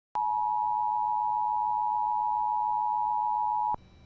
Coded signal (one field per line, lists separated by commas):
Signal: Emergency Alert System (SAME) tones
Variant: 853 and 960 Hz attention tone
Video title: Not again EAS #70